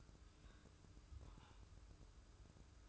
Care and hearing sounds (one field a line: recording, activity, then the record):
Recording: daily activity, microphone in the room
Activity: take from stove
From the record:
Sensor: 2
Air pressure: 995.3 hPa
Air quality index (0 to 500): 80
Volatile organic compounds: 3 ppm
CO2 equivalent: 1422 ppm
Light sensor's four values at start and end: 19/66/25/24 and 20/67/26/24